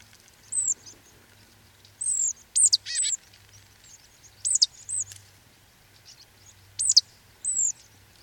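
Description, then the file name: Marsh tit calls: thin high downslurred notes, single or paired, repeated every second or two over a faint low hum. "Poecile palustris"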